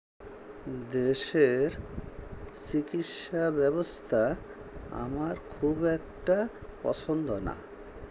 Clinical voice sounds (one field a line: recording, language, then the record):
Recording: elicited speech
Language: Bengali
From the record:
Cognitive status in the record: dementia